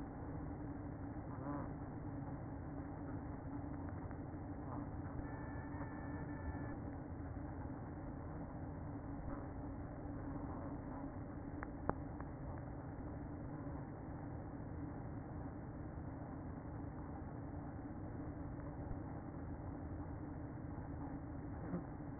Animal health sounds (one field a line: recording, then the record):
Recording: honeybee colony, microphone inside the hive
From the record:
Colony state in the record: queen present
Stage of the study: after two queens were removed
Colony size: about 60,000 bees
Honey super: yes